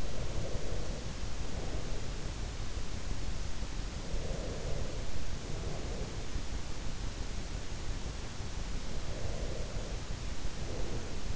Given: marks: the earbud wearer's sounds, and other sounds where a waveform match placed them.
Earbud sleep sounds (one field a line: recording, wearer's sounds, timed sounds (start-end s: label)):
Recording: sounds in sleep by an in-ear microphone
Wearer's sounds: breath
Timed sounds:
0.00-2.54 s: breath
3.90-6.39 s: breath
8.85-11.36 s: breath